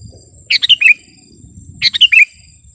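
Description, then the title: Sooty-headed bulbul singing two short bubbly phrases of quick tumbling notes, about a second and a half apart, above a soft low rumble. "kutilang"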